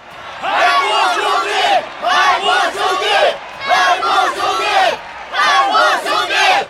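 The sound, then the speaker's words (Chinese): A large crowd at a fighting contest roars and cheers loudly in repeated surging waves as two fighters walk out, each swell of shouting voices rising over the last with brief dips in between. “正在这时，更大的欢呼声骤然响起，声浪一阵盖过一阵。”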